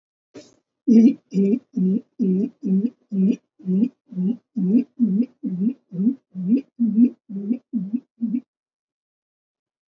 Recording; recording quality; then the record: sustained vowel as in beet; poor, much background noise or distortion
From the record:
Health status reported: COVID-19 positive, mild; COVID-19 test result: positive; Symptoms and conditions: sore throat, diabetes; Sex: male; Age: 70 years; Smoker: not ticked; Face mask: not worn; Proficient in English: yes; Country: India